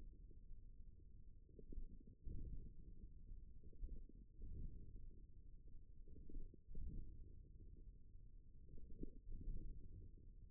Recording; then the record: forearm muscle sounds (acoustic myography)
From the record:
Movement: wrist flexion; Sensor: system 1, eight BSWA MPA416 microphones around the upper forearm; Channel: 3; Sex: male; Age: 41 years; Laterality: right